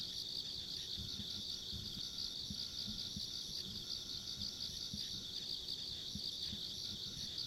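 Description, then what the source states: Continuous insect chirping chorus, a bright, fast-pulsed trill holding steady, with a faint high whine and scattered low bumps. Ambient insect sounds along a country road.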